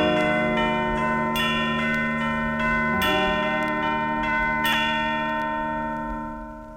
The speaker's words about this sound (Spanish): ¿Qué horas son? Son las seis. Las campanas dan din don, te lo dicen en canción.